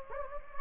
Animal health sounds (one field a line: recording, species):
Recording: mosquito wingbeat signal from an infrared sensor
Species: Anopheles gambiae